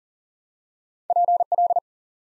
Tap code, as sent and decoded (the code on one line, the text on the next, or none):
none